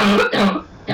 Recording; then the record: coughing mixed with background sound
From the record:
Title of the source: Barking cough - # 10